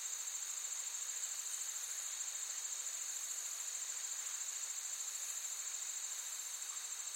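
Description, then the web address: Insects trilling in a steady, rapidly pulsing high chorus that continues unbroken throughout, with no other clear sounds. Forest ambience with active insects, looped. "Blastwave AMBIENCE Forest. forest active insects birds loop"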